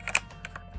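A removable plastic engine cover panel is pressed back onto the body of a Star Wars The Rise of Skywalker Poe Dameron's X-Wing Fighter toy ship, with a few sharp clicks and taps over the quiet clip. The panel clicks back into place at 0.15 s, with smaller clicks near 0.1, 0.5 and 0.6 s, and it is seated.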